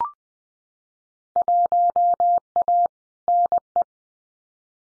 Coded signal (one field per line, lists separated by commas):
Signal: Morse code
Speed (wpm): 20 wpm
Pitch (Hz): 700 Hz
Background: none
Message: 1A NE